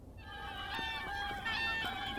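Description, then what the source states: Whooper swan trumpeting, several nasal, harmonic honks overlapping over a soft background hiss. Played back as an example of real trumpeting, the call behind the English name Whooper.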